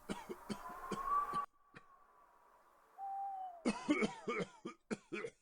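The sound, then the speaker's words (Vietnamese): An old man, the elderly monk Quảng Tâm, coughs in two rough, hacking bouts as a cold wind blows past, each a rapid string of harsh bursts with wheezy, throaty tones, separated by a quieter pause with a faint drawn-out whine. “Một cơn gió lạnh khét thổi qua, khiến đại lão hòa thượng Quảng Tâm ho lên những tiếng khủ khủ.”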